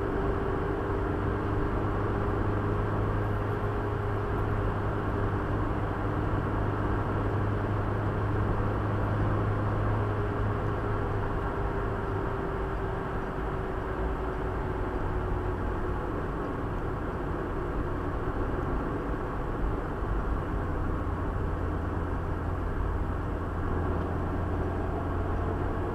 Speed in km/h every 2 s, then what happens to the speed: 95, 97, 96, 96, 99, 95, 90, 86, 83, 83, 81, 79, 85.
0-9 steady at about 96. 9-21 slows to 79.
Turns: none.